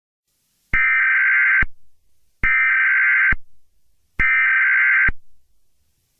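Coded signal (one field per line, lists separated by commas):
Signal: Emergency Alert System (SAME) tones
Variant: header bursts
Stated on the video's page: Fictional EAS scenario themed on The Thing.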